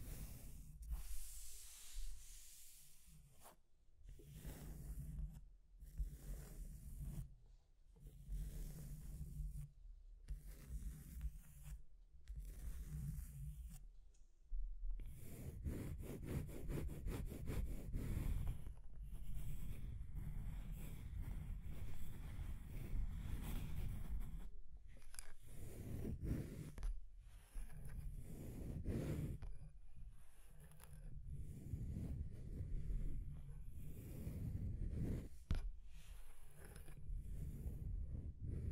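Scratching and tracing sounds, rasping strokes that rub and scrape in short bursts with brief silent gaps during the first fifteen seconds. After that the scratching turns denser and nearly continuous, with rapid repeated strokes and a low rumbling undertone, easing slightly near the end.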